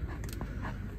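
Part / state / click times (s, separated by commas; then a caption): plastic trim bungs in a van door card / released / 0.2 s, 0.3 s, 0.4 s. Three plastic trim bungs are prised out of a van door card while it is being stripped. Three quick, sharp pops sound at 0.2, 0.3 and 0.4 seconds, and the bungs come out.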